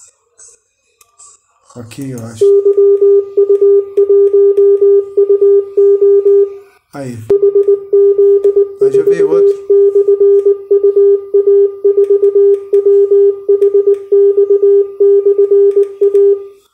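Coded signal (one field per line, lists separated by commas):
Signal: Morse code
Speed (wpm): 19 wpm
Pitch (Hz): 400 Hz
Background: speech, radio noise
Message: YU1UO HZ4/UA4WHX/A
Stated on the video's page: QTC copying practice from LCWO.NET.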